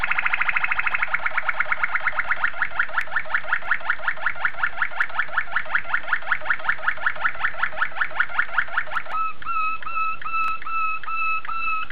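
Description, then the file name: Waterslager canary delivering a long pulsed roll that gradually slows over about nine seconds, followed by quick repeated clear notes. "suara kenari waterslager"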